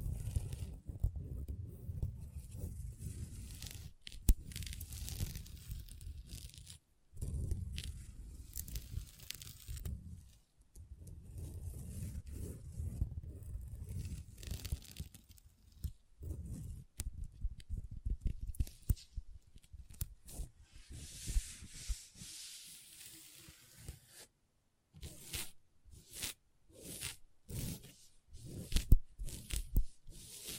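Long nails scratch and tap on a table, with dense, rasping scratching strokes that come in bursts separated by brief silences. Low thuds run under the first half, while later sections turn brighter and choppier, with quick sharp taps and scrapes near the end.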